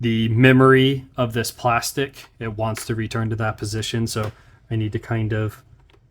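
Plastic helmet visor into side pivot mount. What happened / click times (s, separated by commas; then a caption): The plastic visor is being handled and has not yet snapped onto its pivot mount / none. Someone talks while handling the plastic face visor of an ILM-902 motorcycle helmet, tensioning it against the plastic's memory to fit it onto its second-side pivot mount. Faint handling noises are heard near the end. Nothing has seated or clicked yet.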